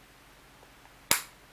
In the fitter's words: it does snap into place makes it secure